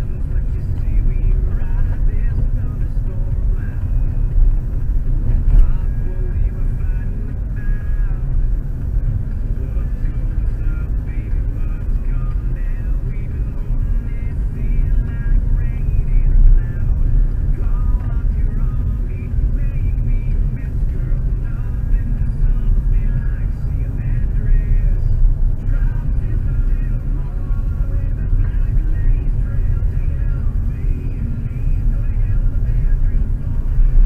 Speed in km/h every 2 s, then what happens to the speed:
38, 40, 41, 42, 47, 49, 51, 51, 48, 47, 46, 46, 46, 46, 45, 46, 44.
0-13 speeds up to 51. 13-34 steady at about 46.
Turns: none.